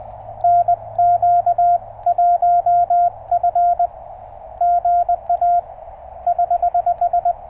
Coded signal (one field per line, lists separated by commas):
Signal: Morse code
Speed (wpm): 20 wpm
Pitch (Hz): 700 Hz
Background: radio noise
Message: NQ1F GA <HH>